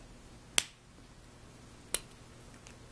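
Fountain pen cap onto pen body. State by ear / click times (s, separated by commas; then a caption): seated / 0.6 s, 1.9 s. The plastic cap of a cheap Zebra Zensations fountain pen is worked on and off its pen body, giving sharp snapping clicks at 0.6 s and 1.9 s, followed by a faint tick near 2.7 s. The cap snaps closed and seats with a tight, but not too tight, click.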